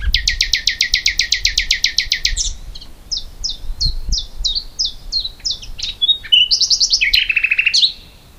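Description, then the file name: Common nightingale singing: a fast rattling trill of sharp repeated notes, then a string of clear down-slurred whistles, ending in buzzy, churring phrases. "Luscinia megarhynchos"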